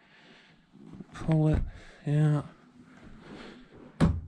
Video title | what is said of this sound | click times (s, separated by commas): How to Fix Recliner Footrest That Won't Lock | oh that's a satisfying click | 4.0 s